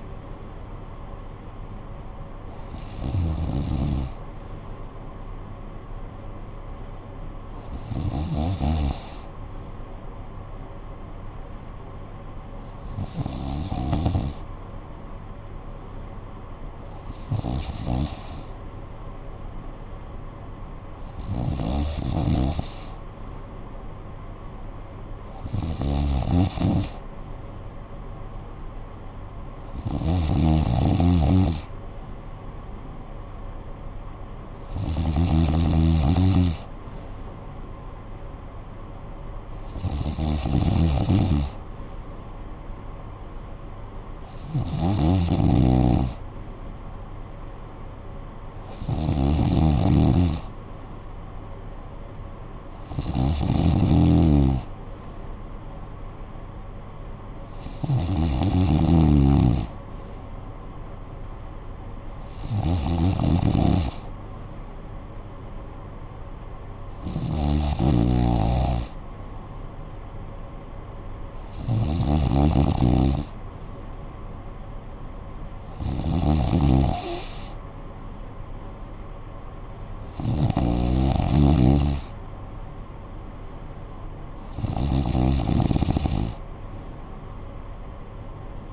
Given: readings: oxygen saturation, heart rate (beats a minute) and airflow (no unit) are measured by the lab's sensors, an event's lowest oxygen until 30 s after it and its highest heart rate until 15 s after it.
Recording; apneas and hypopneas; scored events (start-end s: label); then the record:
breathing in sleep by a smartphone at the bedside; 1
6.00-19.00 s: hypopnea (N2, oxygen 95% highest, then 92% lowest, heart rate 56 at the start, 60 highest)
82.00-88.73 s: new sleep stage, N3 (deep sleep)
From the record:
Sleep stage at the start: N2 (light sleep); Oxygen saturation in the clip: 92 to 95%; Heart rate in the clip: 55 to 63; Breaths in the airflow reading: 19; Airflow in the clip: -9.4 to 5.7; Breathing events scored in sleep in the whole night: 445 in 7.6 hours asleep